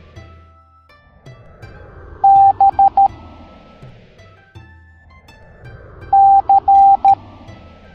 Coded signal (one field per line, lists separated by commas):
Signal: Morse code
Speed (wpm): 13 wpm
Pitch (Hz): 790 Hz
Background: music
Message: B C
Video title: Morse Code Alphabet Lucky Cat Parade